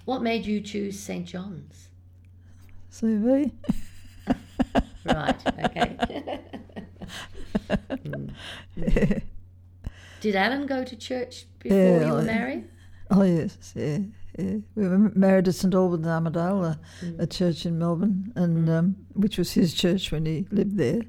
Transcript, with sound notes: What made you choose St John’s?
C’est la vie? [laughs]
Right, okay. [laughs] Did Alan go to church before you were married?
Oh yes, yeah, yeah. We were married at St Alban’s Armadale, a church in Melbourne, which was his church when he lived there,